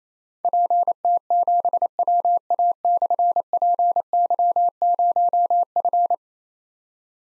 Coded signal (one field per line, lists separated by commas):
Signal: Morse code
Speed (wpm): 28 wpm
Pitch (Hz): 700 Hz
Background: none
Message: PT7WA/PY0F